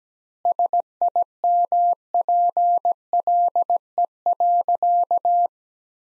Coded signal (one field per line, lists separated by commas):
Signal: Morse code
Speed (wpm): 17 wpm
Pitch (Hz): 700 Hz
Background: none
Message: SIMPLE.